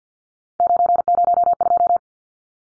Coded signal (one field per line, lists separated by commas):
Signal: Morse code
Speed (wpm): 50 wpm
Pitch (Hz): 700 Hz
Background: none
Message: 902